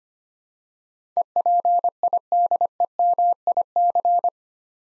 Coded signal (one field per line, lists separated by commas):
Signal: Morse code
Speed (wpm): 25 wpm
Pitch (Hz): 700 Hz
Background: none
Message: EPIDEMIC